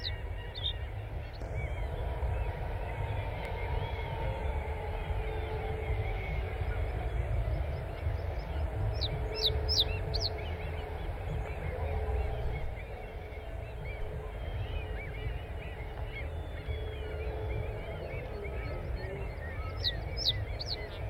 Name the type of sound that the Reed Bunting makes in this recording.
song